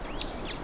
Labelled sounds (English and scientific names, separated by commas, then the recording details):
Stitchbird (Notiomystis cincta) song
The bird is a male
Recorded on Tiritiri Matangi Island, New Zealand, in 2005
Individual 1, of nest box 1